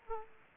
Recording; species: mosquito wingbeat signal from an infrared sensor; Aedes aegypti